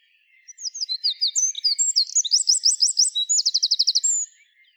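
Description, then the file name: Eurasian wren song: a loud, hurried sequence of piercing high notes, closing with a fast, regular trill, nearly four seconds long. "Troglodytes troglodytes"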